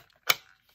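A detachable part, most likely the prism finder or film back, is pushed onto the body of a Mamiya 645 Pro TL medium format film camera to check that it goes down easily and is not jammed. A single sharp click at 0.3 s marks it seating fully into place, followed by a brief fading ring.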